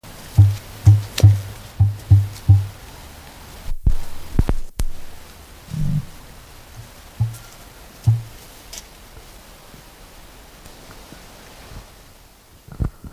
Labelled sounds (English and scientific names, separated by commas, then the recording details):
Emu (Dromaius novaehollandiae)
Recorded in captivity
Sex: pair
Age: adult
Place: Zoo Eberswalde, Brandenburg, DE
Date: 2000-09-06 16:40
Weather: heiter, 16 - 17°C
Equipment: Nagra SN, Kopie Uher 4000 Report Monitor
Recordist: Tembrock, Günter